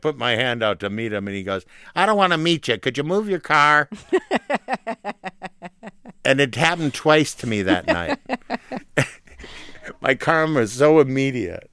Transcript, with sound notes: And I put my hand out to meet him. And he goes, I don't want to meet you. Could you move your car?
(Laughter).
And it happened twice to me that night. My karma's so immediate.